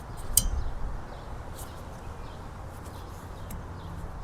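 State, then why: Seated. On a 2010 Mazda 3 hatchback (BL, 2010–2013), a new wiper blade's J-hook adapter is slid into the slot on the wiper arm and the blade is raised to lock it. A sharp, bright click at 0.4 s shows the adapter locking in place, over a steady low rumble with a faint tick near 3.5 s. The blade is seated.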